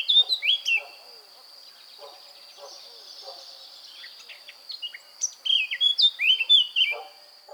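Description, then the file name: Eurasian blackcap song phrase of varied whistled and warbled notes, brief at the opening and fuller over the last two seconds. Faint low ticks and a constant high hiss sit underneath. "Sylvia atricapilla"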